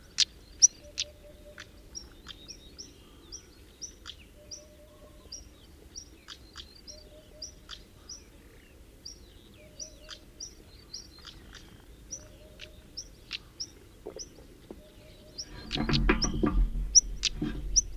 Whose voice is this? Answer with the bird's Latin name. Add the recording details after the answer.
Saxicola rubicola. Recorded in the wild. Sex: male. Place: Adamclisi, Dobrogea, RO. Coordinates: 44.086, 27.956. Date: 1973-05-03. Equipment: Nagra III BH, Sennheiser MD 21, parabola. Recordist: Schubert, Michael. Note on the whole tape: warnendes Schwarzkehlchen - Männchen